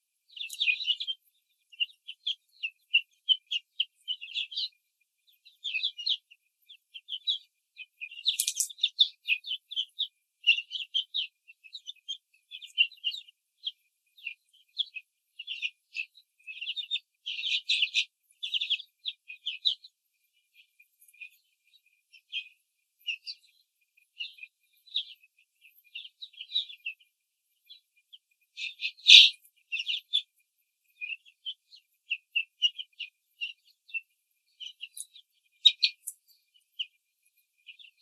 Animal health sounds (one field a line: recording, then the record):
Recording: young laying hens in a cage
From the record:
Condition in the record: control cage, after the stress test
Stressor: none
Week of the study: 4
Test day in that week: 3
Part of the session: 3